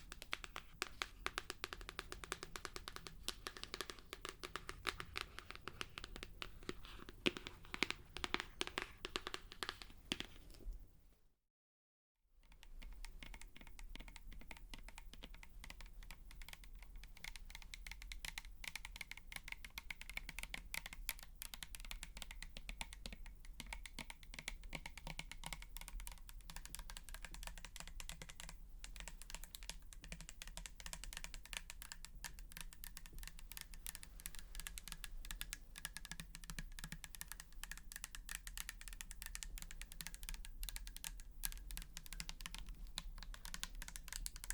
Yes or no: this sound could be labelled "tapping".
yes